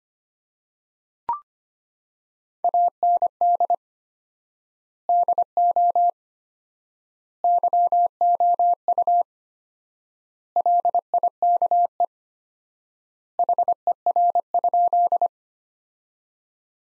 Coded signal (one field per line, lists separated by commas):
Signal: Morse code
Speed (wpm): 25 wpm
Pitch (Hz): 700 Hz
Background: none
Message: AND DO YOU LIKE HER?